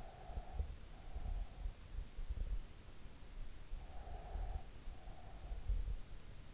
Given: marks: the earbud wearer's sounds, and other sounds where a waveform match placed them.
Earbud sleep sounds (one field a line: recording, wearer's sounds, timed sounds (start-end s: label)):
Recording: sounds in sleep by an in-ear microphone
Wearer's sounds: breath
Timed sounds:
0.00-1.68 s: breath
3.72-6.11 s: breath